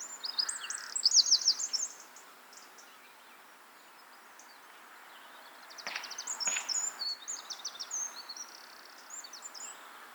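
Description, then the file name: Eurasian wren song: a burst of very high, rapid trilled notes, a pause, then a second run of high buzzy trills and chips. "Troglodytes troglodytes"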